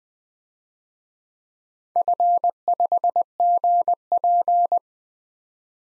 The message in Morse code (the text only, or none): F5GP